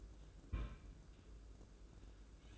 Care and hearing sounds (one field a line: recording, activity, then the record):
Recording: daily activity, microphone in the room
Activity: place on stove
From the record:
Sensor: 2